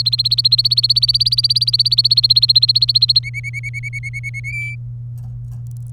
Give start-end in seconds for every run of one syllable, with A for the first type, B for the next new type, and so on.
0.00-3.19 A, 3.23-4.40 B, 4.44-4.75 C